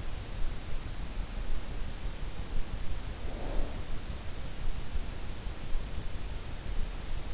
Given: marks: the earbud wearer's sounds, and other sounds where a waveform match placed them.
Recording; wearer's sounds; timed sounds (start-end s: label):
sounds in sleep by an in-ear microphone; snoring breath
2.97-3.92 s: snoring breath